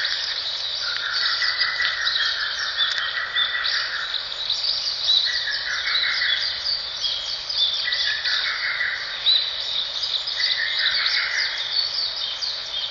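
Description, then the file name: Lesser cuckoo phrases of rapid chattering notes, repeated every few seconds, against a constant shrill background hum. "ホトトギス 遠藤"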